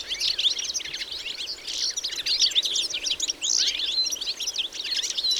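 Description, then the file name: European goldfinch twittering, bright overlapping chirps and trills from a group of birds, continuous and lively for the whole short passage. "Carduelis carduelis"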